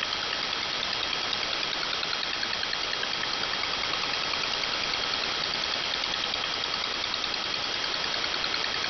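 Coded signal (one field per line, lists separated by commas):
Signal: multi-tone FSK (Olivia or MFSK type)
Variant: 4-FSK, 4 channels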